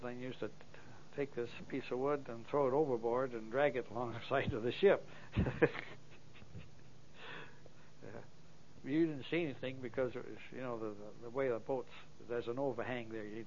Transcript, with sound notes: Then I used to take this piece of wood and throw it overboard and drag along the side of the water. (laughs) You didn't see anything because it, you know, the way the boats, there's an overhang there, you.